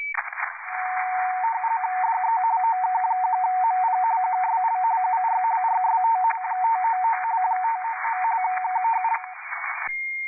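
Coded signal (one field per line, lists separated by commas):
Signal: RTTY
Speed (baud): 45.45 baud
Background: radio noise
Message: DE OK1MP QSL UR RST 599 599 K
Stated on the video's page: RTTY contest operation on 30 m, keyed by contest software with integrated Cocoamodem.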